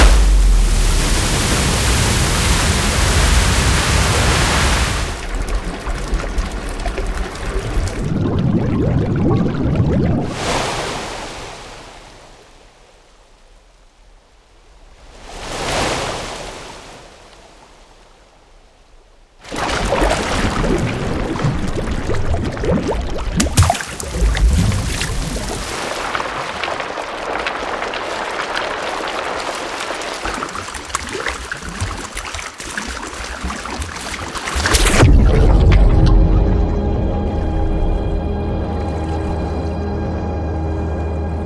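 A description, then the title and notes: Water sounds shift through several forms, starting with a loud hissing rush and then softer trickling. Two brief swells rise and fade near 10 and 16 seconds, then dense gushing runs from about 20 to 35 seconds. The close is a steady, low humming drone. Water in all its chemical derivations, including liquid, gaseous, and solid states.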